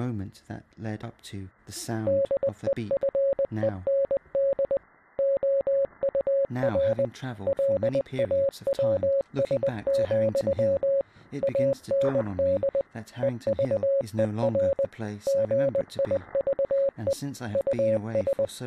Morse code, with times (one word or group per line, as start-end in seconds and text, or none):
2.1-4.8 DEFEND
5.2-7.1 OUR
7.5-11.0 LAWS,
11.4-12.8 AND
13.2-14.9 EVER
15.3-17.1 GIVE
17.6-18.5 US